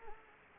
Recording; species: mosquito wingbeat signal from an infrared sensor; Anopheles gambiae